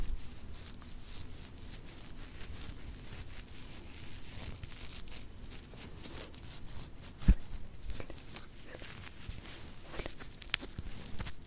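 Hands move and rustle in a continuous layered texture of scraping, rubbing and soft crackle, with a low rumble underneath. Small ticks and taps come irregularly throughout, and a sharp click stands out near seven seconds, another near ten and a half.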